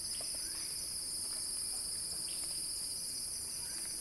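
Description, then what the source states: High, unbroken cicada buzzing fills the whole moment, with a few faint chirps below. Cicada song in a crescendo, recorded by Axel Drioli for Earth.fm's Sounding Wild.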